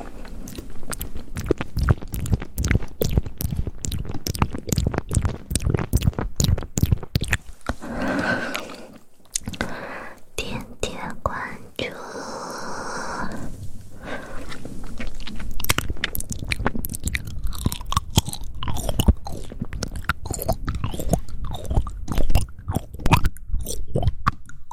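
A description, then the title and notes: Mouth and hand sounds: a dense run of sharp, crisp clicks and wet crunches, like chewing and biting, packed closely through most of the clip. Around nine to fourteen seconds the clicks thin out into softer rustling and a brief brighter whine before the rapid crunching resumes. ASMR Mouth Sounds and Hand Sounds.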